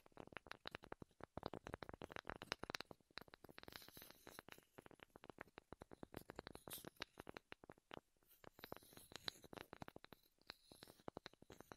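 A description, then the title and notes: Wooden triggers are tapped and scratched in a quick, irregular stream of crisp clicks that continues for the whole length with hardly a pause. The taps range from soft to sharper, brighter hits, and a faint rumbling texture sits underneath. ASMR Wood Triggers in Your Ears (No Talking).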